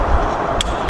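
A torque wrench set to 40 foot-pounds re-tightens the 8 mm allen rear frame slider bolt of a T Rex Racing protection kit on a 2016 Yamaha FZ-07 motorcycle, over a steady low rumble of background noise. A sharp metallic click sounds at 0.6 s as the wrench reaches its setting, followed by a fainter tick near 0.9 s.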